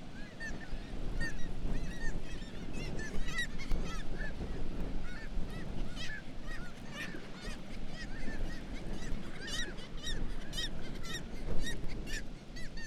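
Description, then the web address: Black-legged kittiwakes in a loud chorus, rapid repeated nasal calls overlapping continuously above a deep roar. "sound Black-legged-kittiwake. صدای-پرنده-کاکایی-پاسیاه"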